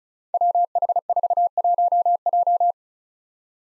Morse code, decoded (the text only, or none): WH41J